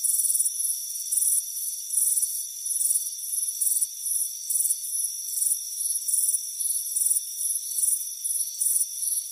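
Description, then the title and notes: Crickets repeat shrill trilled chirps over and over, with a continuous high-pitched insect tone beneath. Crickets chirping on a warm afternoon at a front porch. "Soothing Crickets Chirping Sound. It's a warm afternoon as you relax in a hammock on the front porch. Relax and fall asleep to the soothing sound of chirping crickets"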